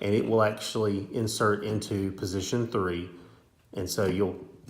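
A man talks while handling a gray wire's crimped terminal, lining it up to push into position 3 of a plastic harness connector during a DL3 mirror harness install on a 2015–2019 Tahoe or Yukon with the A45 memory feature. Only speech is heard; the terminal has not clicked or seated into the cavity yet.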